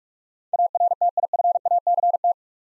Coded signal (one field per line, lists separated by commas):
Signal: Morse code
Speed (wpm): 44 wpm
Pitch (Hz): 700 Hz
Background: none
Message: ARTIFACT